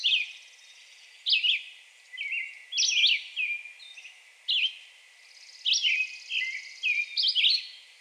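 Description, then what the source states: Red-eyed Vireo song of clipped, slurred whistled phrases in quick sequence with short gaps, over a soft background hiss. Recorded on 2 June 2020.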